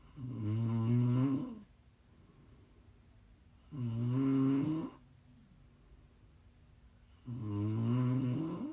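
ASMR snoring from an adult sleeper: three long, low-pitched, buzzing snores, each lasting about a second and a half, separated by quiet pauses of about two seconds.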